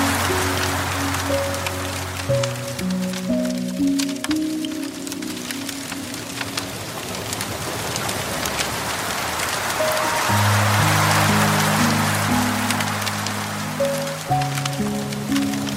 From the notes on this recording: Relaxing Piano Music and the serene sounds of a Soft Water Stream